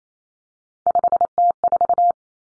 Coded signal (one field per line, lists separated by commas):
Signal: Morse code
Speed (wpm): 28 wpm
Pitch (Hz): 700 Hz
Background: none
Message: 5T4